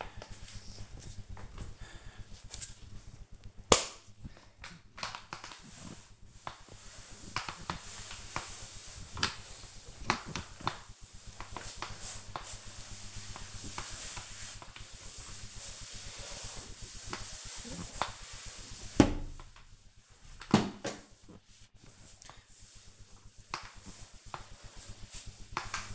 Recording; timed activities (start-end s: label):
household activities, microphone on the right wrist
0.00-25.94 s: floor cleaning